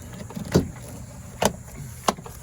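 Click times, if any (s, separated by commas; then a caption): 1.4 s, 2.1 s. The inner rear door handle assembly of a BMW, with its locking mechanism, is lined up top first and pushed into the plastic door trim panel. Sharp snaps at 1.5 s and 2.1 s mark its clips snapping in, and the handle is seated.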